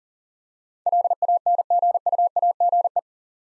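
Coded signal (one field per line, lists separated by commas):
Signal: Morse code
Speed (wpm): 41 wpm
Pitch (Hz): 700 Hz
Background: none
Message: LANGUAGE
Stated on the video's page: Morse practice at 40 wpm sending 8-letter words for head-copy, each word sent twice with spoken prompts between.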